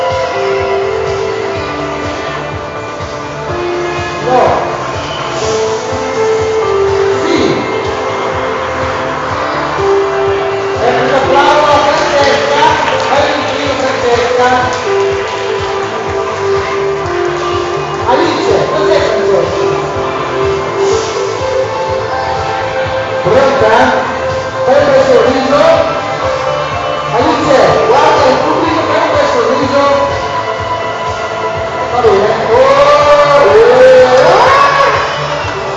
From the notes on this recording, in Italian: Casino durante un laboratorio di bolle di sapone e di alienazione, in un centro commerciale